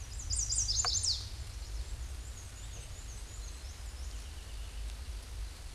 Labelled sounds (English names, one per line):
Black-and-white Warbler song